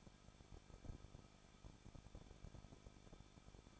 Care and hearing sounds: daily activity, microphone in the room; no activity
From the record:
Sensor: 5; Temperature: 20.8 degrees Celsius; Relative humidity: 38.6%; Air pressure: 1006.5 hPa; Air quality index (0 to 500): 191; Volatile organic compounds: 20 ppm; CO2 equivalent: 2704 ppm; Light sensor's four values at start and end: 2/3/1/1 and 2/3/1/1

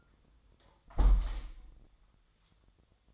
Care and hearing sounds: daily activity, microphone in the room; close window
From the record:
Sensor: 3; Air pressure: 1004.6 hPa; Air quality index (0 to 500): 104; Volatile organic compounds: 4 ppm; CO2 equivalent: 1631 ppm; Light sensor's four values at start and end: 7/16/6/6 and 7/16/6/6

